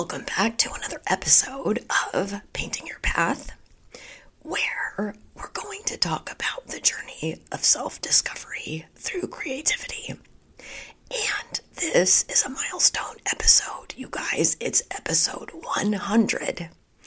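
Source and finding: Adult woman speaking. Spasmodic dysphonia.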